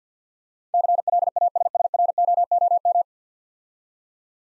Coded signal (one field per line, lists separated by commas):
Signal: Morse code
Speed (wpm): 50 wpm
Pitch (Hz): 700 Hz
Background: none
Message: CLASSROOM